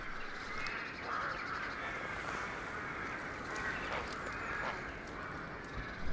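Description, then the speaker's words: Rook calls: scattered faint harsh caws beneath steady wind-like rushing noise. Huge rookery sharing a wood with a heronry, passed on the way into the heronry, on a northeasterly wind. "share the wood, as we can hear by this huge rookery that we pass on our way here into the heronry."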